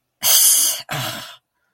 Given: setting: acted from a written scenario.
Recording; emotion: vocal sound without words; anger